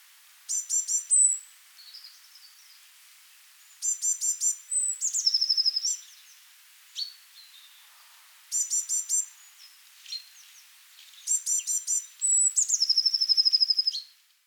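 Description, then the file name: Eurasian blue tit calls: repeated groups of several high rapid notes, two ending in buzzy trills, with soft chips between them. "Cyanistes caeruleus"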